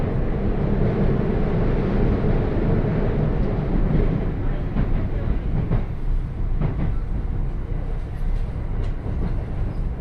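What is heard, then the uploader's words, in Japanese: A train journey: a steady, heavy rumble of a moving train runs the whole way with no pauses, thickest and deepest in the first few seconds. From about the fourth second on, short sharp clicks and knocks cut through, likely wheels over rail joints. 鉄道旅 汐見橋→岸里玉出→なんば→大物。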